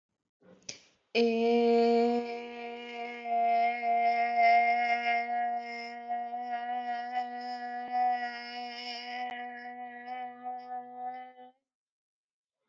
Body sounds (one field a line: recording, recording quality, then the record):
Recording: sustained vowel as in made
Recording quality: excellent, no background noise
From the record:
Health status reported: healthy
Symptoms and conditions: none ticked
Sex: female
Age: 20 years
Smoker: not ticked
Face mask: not worn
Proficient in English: yes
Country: India